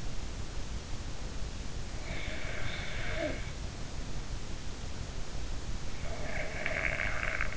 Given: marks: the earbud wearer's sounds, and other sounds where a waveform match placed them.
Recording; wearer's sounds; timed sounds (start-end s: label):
sounds in sleep by an in-ear microphone; snoring breath
2.12-3.61 s: snoring breath
6.31-7.57 s: snoring breath